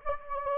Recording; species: mosquito wingbeat signal from an infrared sensor; Anopheles gambiae